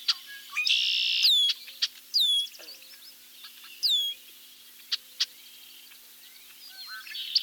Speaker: let's hear a medley of red-winged blackbird vocalization.